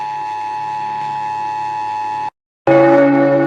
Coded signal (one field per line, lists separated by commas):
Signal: Emergency Alert System (SAME) tones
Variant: 853 and 960 Hz attention tone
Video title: Rating eas alarm part 7(oceania edition)